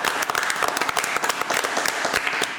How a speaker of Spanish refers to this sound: Aplausos para ustedes.